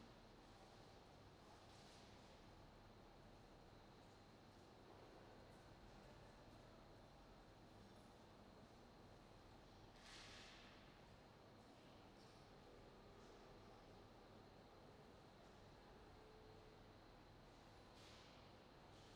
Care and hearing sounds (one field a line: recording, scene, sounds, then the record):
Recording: everyday scene through a hearing-aid microphone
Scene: reverberant space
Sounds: background noise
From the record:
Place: railway station hall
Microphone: in the ear canal, right